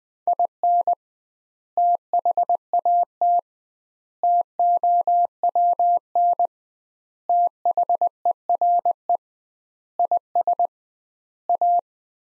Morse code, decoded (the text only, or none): IN THAT TOWN THERE IS A